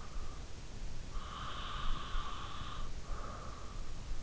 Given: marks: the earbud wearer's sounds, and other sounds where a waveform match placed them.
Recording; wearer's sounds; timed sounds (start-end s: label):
sounds in sleep by an in-ear microphone; breath
1.05-3.40 s: breath